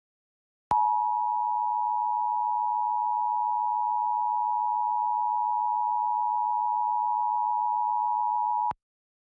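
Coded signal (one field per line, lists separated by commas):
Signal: Emergency Alert System (SAME) tones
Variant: 853 and 960 Hz attention tone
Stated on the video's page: Required Monthly Test EAS aired on a television station.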